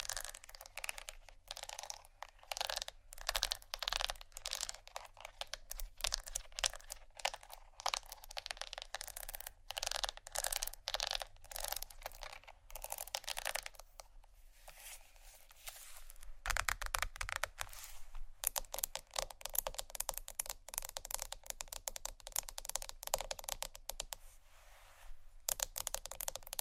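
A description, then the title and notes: Fast tapping and scratching fill the clip, a dense run of sharp, bright clicks, much like quick typing. The taps come in bursts with brief pauses near 14 and 25 seconds. A low, steady hum sits underneath. ASMR Fast Tapping & Scratching （No Talking）.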